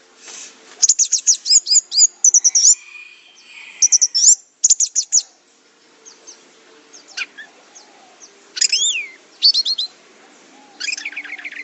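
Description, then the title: Orange-headed thrush song: bursts of rapid, high chattering notes and short trills, then pauses and a few sharp rising and falling whistles near the end. "Anis Merah"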